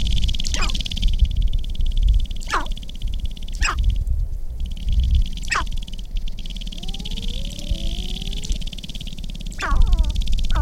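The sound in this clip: Sharp-tailed grouse making sharp clicking pops at irregular intervals plus a few sliding calls, with a constant high buzz behind.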